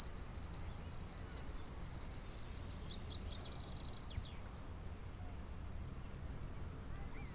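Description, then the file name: Crickets chirping in rapid, evenly pulsed bursts: a run of regular chirps breaks off briefly, resumes, then stops for a few seconds before a single chirp at the end, over a low background rumble. Chirring crickets recorded at Mümliswil in the Jura, Switzerland, on 22 June 2008. "20080622 Jura Muemliswil Chirr Of Crickets"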